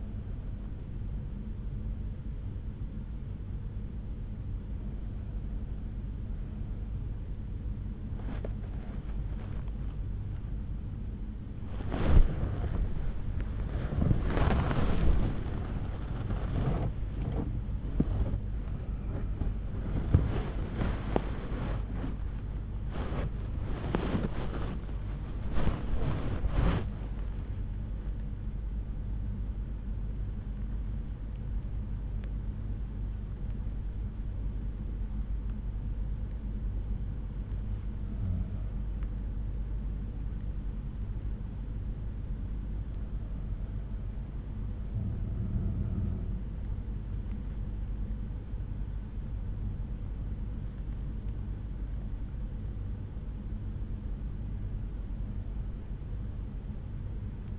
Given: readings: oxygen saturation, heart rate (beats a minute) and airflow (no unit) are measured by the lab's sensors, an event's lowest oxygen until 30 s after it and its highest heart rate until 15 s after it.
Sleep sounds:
breathing in sleep by a smartphone at the bedside; 1
22.00-52.00 s: new sleep stage, N1 (lightest sleep)
25.00-40.40 s: hypopnea (N1, oxygen 96% highest, then 92% lowest, heart rate 83 at the start, 89 highest)
52.00-57.59 s: new sleep stage, N2 (light sleep)
From the record:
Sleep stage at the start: N2 (light sleep); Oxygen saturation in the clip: 89 to 96%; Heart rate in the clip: 43 to 89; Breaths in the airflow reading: 11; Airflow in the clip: -9.4 to 10.5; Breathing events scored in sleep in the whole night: 368 in 8.0 hours asleep

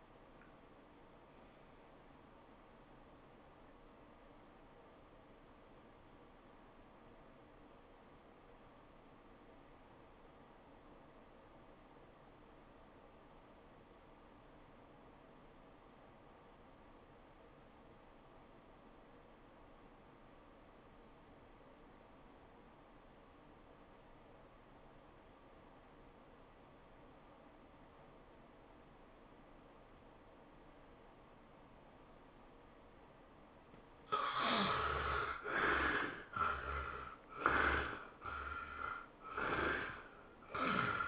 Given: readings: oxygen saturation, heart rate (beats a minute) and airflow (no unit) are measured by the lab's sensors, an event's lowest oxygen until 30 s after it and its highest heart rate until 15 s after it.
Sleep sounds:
breathing in sleep by a voice recorder at the bedside; 1
3.00-34.80 s: obstructive apnea (REM, oxygen 90% highest, then 58% lowest, heart rate 103 at the start, 111 highest)
From the record:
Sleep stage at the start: REM sleep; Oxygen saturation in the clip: 58 to 90%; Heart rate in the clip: 59 to 114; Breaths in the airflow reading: 4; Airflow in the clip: -14.0 to 11.2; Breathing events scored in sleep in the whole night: 403 in 5.5 hours asleep

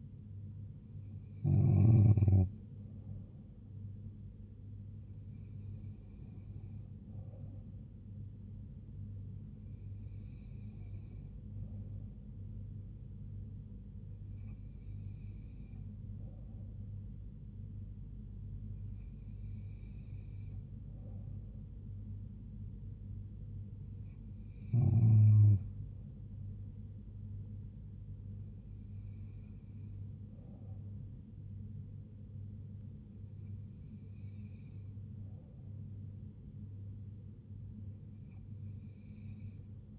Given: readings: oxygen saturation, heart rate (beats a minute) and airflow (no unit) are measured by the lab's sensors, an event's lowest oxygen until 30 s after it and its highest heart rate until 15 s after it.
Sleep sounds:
breathing in sleep by a smartphone at the bedside; none
none scored
From the record:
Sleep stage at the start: N2 (light sleep); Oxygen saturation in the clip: 94 to 95%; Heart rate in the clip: 67 to 76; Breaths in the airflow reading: 9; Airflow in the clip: -3.1 to 2.1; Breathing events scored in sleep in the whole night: 158 in 7.3 hours asleep

